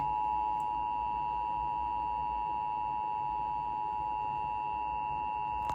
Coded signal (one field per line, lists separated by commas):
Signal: Emergency Alert System (SAME) tones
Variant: 853 and 960 Hz attention tone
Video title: Morning Monthlies - EAS Tests From 2/21/25 (EAS #3381-3389)